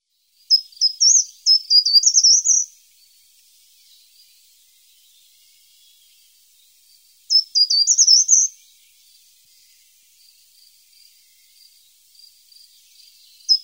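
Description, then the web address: Short-toed treecreeper song: two short high phrases of rapid, rising and falling thin notes, separated by several seconds of near quiet with faint chips. "Cants raspinellcomu"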